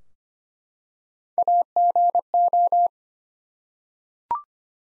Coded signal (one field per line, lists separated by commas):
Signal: Morse code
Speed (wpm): 25 wpm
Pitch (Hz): 700 Hz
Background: none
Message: AGO